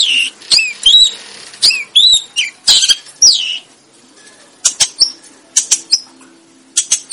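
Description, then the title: Sooty-headed bulbul calls, bubbly down-slurred chattering phrases at first, then scattered short chirps, with sharp clicking sounds throughout. "Suara Burung Kutilang"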